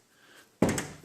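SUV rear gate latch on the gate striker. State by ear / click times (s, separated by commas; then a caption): not seated / none. The rear gate of a 2007 Toyota 4Runner, whose latch mechanism was closed beforehand so the lights would not stay on, is swung shut against the gate striker. After near silence, a heavy knock comes at 0.6 s, a second hit at 0.8 s and another loud knock at 1.1 s. Nothing has latched or clicked, so the gate fails to catch.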